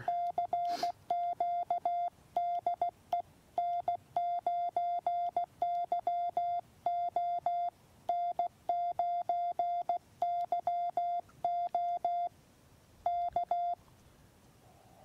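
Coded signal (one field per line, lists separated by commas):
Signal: Morse code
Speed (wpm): 16 wpm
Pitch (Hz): 700 Hz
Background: none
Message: CQ DE N9YO N9YO K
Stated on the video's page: Woods QRP CW with the YouKits HB-1B transceiver and MFJ-971 portable tuner, first QSO on this rig; full QSK break-in.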